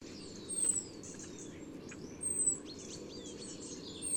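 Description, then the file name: European robin calls: fine high-pitched notes in brief bursts, with faint sliding whistles over constant low background noise. "Erithacus rubecula"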